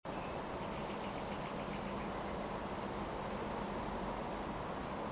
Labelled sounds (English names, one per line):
Common Blackbird
Spotted Flycatcher